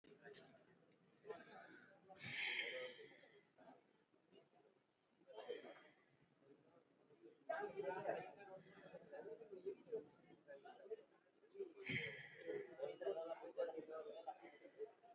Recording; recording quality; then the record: deep breathing; excellent, no background noise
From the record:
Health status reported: COVID-19 positive, mild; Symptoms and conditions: cough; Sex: male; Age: 24 years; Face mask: worn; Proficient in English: yes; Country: India